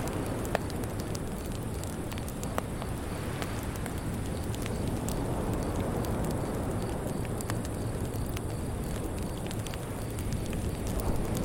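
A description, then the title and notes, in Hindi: A fire crackles beside the sea, its sharp pops and snaps scattered irregularly over a steady low rumble of surf and wind. A thin, constant high hiss of insects, likely crickets, runs through the whole clip without change. समुद्र के किनारे आग और टिड्डियों की कोईर | रात्रीय सुखमय वातावरण. कोह याओ नोई की सुखमय रात्रीय ध्वनियों.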